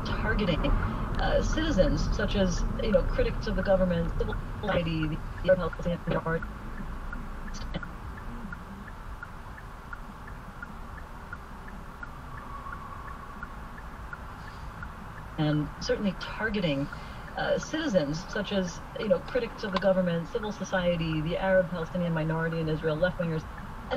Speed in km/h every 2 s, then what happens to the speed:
23, 15, 6, 0, 0, 0, 0, 0, 0, 0, 0, 0.
0-5 brakes to 0. 5-24 standing.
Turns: none.